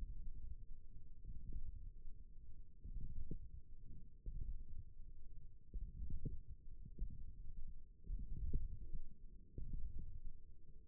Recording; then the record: forearm muscle sounds (acoustic myography)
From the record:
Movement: radial deviation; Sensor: system 1, eight BSWA MPA416 microphones around the upper forearm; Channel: 4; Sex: female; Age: 21 years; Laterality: right